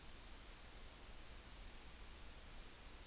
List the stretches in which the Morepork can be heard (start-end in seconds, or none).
none